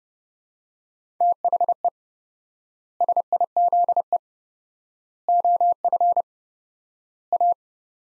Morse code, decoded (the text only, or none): THE SIZE OF A